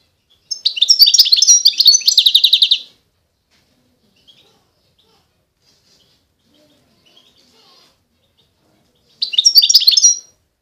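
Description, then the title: European goldfinch song, a burst of fast, tinkling twitters, long silence, then a shorter similar phrase. Wild bird. "اجمل غناءالحسون الخلويchant chardonneret sauvage"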